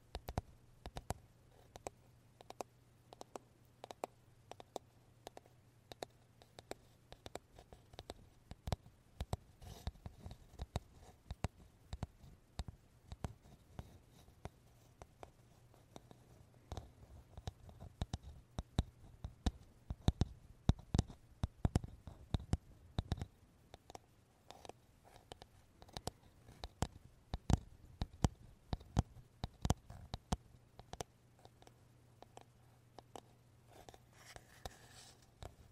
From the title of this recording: wooden brush tapping , touching sound